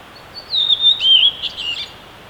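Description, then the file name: Redwing song: a high whistled phrase sliding gently downward, followed by a brief burst of scratchy twittering notes, over faint steady background hiss. Recorded on 10 April 2016. "20160410 rodvingetrast"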